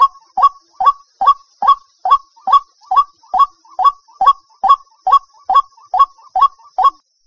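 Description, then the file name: White-breasted waterhen giving a monotonous string of short, hollow, identical notes, repeated about twice a second without a break. "Tieng chim quoc keu"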